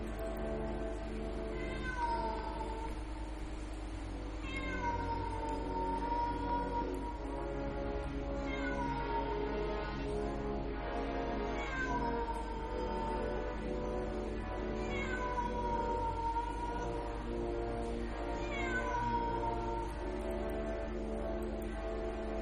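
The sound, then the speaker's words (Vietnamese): Drawn-out, wavering cat yowls rise and fall in pitch, repeating every few seconds over a steady low hum, with an eerie, wailing quality and no talking. “Lần này con mèo lại kêu nhìn lên những tiếng còn rùng rợn hơn.”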